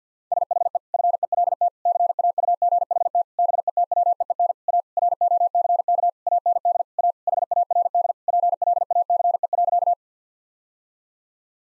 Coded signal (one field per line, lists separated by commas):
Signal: Morse code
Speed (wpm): 50 wpm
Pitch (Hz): 700 Hz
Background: none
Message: SHE FELT CAUGHT BETWEEN A ROCK AND A HARD PLACE.